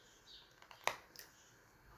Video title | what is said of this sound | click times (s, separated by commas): Mojo (Single Release). Assembly. | you must have heard that click so satisfying | 0.9 s